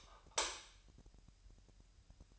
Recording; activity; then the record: daily activity, microphone in the room; light off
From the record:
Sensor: 2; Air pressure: 1001.7 hPa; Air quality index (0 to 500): 245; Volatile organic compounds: 34 ppm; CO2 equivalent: 3045 ppm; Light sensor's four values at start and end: 9/27/10/10 and 4/10/4/4